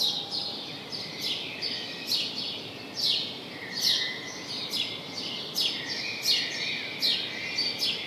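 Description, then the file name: House sparrow giving sharp, repeated chirps a little over once a second, steady hiss behind. "Passer domesticus"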